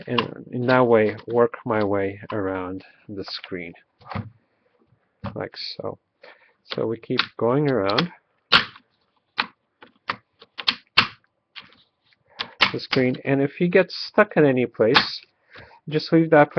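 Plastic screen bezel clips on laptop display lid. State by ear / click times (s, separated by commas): released / 9.4 s, 10.1 s, 10.7 s, 11.0 s, 12.4 s, 12.6 s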